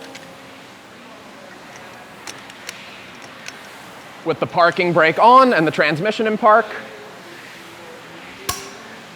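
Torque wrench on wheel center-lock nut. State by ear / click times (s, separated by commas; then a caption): torque reached / 8.5 s. A torque wrench set to about 450 ft-lb tightens the center-lock wheel nut on a Porsche GT4 RS / Spyder, with the parking brake on and the transmission in park. Someone talks, a few faint ticks follow, and the wrench gives a single sharp click at 8.5 s as it reaches its setting. The nut is then to be backed off a quarter turn and re-torqued.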